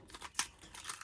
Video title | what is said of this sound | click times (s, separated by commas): Using The new Cricut hand Tools & Decorating My Explore 5 | You basically just push this in until you hear it click. | 0.4 s